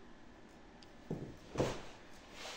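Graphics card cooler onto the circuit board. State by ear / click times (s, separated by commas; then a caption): not seated / none. The cooler of an ASUS GeForce RTX 3060 Ti 8GB mini V2 graphics card is rocked back and forth on its circuit board during reassembly, with the screws started but not yet tightened, so it can settle into place. Soft, low rubbing bumps come in at about 1.1 s and 1.6 s, with another rising at the end, and a faint high tick at about 0.8 s. Nothing has seated or clicked yet.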